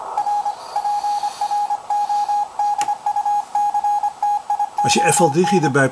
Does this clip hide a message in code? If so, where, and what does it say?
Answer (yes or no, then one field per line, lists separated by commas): yes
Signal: Morse code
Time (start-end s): 0.2-5.7 s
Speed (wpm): 25 wpm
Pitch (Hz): 810 Hz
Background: speech, radio noise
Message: R PRODUCTION